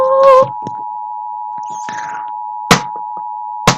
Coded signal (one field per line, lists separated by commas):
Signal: Emergency Alert System (SAME) tones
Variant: 853 and 960 Hz attention tone